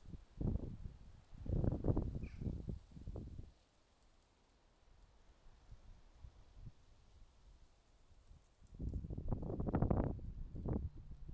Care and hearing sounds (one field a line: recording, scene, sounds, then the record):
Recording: everyday scene through a hearing-aid microphone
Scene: wind on the microphone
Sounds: wind, traffic, birds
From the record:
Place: suburban garden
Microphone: in the ear canal, left